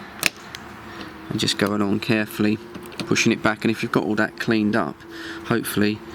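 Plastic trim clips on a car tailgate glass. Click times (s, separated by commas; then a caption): 0.3 s, 0.6 s. Plastic trim clips on the tailgate glass of a 2006 BMW Mini, lined up and pushed back onto the glass to cure a boot leak, click home at 0.3 s and 0.6 s. After the two sharp clicks, someone talks over a steady low hum while the strip is pressed back along the glass. The trim is seated.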